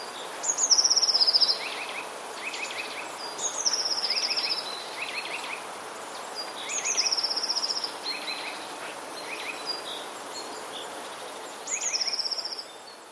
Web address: wroblowe teka spiew 3. modraszkoteka